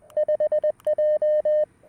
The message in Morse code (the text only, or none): 5J